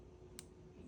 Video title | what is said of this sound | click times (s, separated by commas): Xpro Paladin 300 gas tank upgrade | Hear the click, | 0.4 s